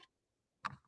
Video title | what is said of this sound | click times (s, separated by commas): Shields Live! Exploring the Baby Lock Serger Line April 6, 2022 | I'm going to put this thread in there and make sure it clicks. | 0.7 s